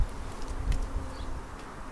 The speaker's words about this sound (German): Es flog gerade eben eine Biene direkt hier bei meinem Aufnahmegerät. Die wird man nachher bestimmt gut hören.